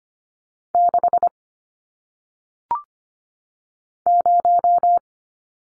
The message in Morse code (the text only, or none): 6 0